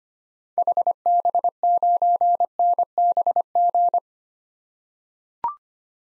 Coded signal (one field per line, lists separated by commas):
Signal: Morse code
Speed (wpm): 25 wpm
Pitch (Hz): 700 Hz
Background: none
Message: HB9NBG